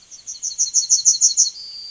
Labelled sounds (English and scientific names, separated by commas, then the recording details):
Yellowhammer (Emberiza citrinella) song
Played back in forest
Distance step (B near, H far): B
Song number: 039